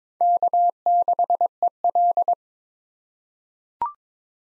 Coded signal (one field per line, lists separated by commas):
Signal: Morse code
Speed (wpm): 22 wpm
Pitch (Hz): 700 Hz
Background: none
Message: K6EL